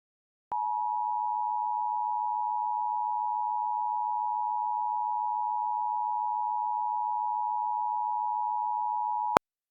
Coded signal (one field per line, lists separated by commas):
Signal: Emergency Alert System (SAME) tones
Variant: 853 and 960 Hz attention tone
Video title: EAS Mock - Boom (Requested by Jacob Desquitado)